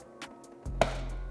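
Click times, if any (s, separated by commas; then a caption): 0.8 s. The plastic "fang" tab of the front fascia on a 2017+ Yamaha YZF-R6 is gently pried outward from the front cowl mount, with a soft tap at 0.2 s and a low steady hum starting around 0.7 s. A sharp, loud click at 0.8 s marks the clip popping free and releasing from its mount.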